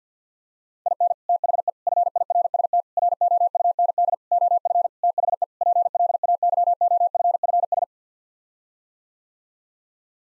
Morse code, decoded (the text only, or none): IN THE FIRST ROUND OF THE PLAYOFFS